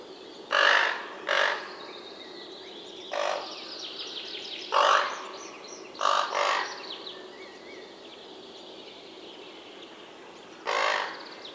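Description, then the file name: Raven calls, short rasping squawks scattered irregularly with long gaps, over steady background noise. Raven adults feeding their young. "Digiffects Sound Effects Library - Raven Feeding Young Ones"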